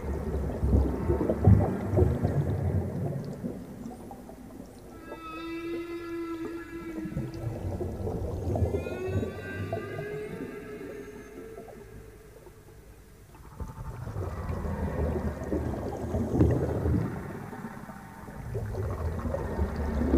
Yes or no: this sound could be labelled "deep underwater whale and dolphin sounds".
yes